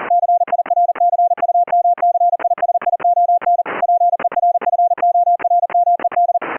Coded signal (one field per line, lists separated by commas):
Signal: Morse code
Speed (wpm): 40 wpm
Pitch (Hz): 700 Hz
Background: none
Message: CIRCUMCISION PERFORMED